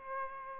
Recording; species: mosquito wingbeat signal from an infrared sensor; Aedes aegypti